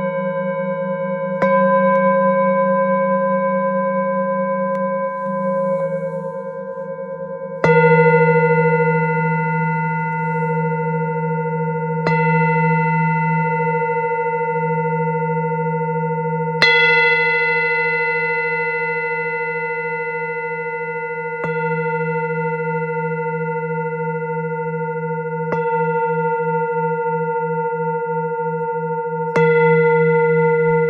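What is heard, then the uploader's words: Tibetan singing bowls ring out in long, sustained tones, struck again about every four to five seconds, with strikes near 1.5, 7.5, 12, 17, 21.5, 25.5 and 29.5 seconds. A low hum with a slow wavering beat underlies bright, shimmering overtones that fade gradually between strikes. This mesmerizing composition is centered around the enchanting sounds of Tibetan Singing bowls, creating a serene and tranquil ambiance.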